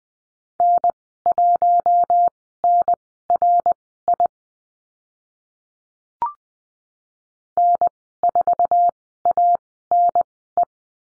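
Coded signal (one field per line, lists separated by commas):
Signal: Morse code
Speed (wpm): 20 wpm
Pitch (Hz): 700 Hz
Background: none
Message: N1NRI N4ANE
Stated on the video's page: Morse lesson drill on the letter R and call signs, sent at Farnsworth speed 20/10 wpm.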